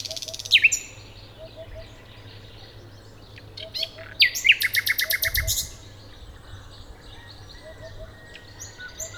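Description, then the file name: Common nightingale singing short bursts: sharp notes, then a fast rattling trill of repeated notes, with softer background chirps and a low hum underneath. "Luscinia megarhynchos"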